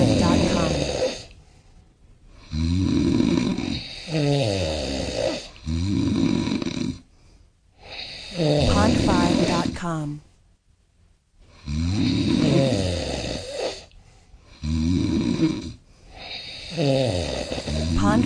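Loud, rattling snores from an adult man, about six in 18 seconds (roughly 20 a minute), each a harsh, fluttering, low-pitched sound separated by brief quiet pauses. This is ordinary snoring.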